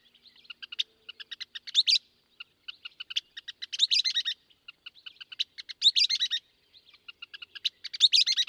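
Western kingbird giving runs of crisp kip notes that end in loud, bickering, sputtering bursts, repeated four times.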